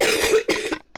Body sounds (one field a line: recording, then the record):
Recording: coughing mixed with background sound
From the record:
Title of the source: 60 coughing still (deep and wet cough)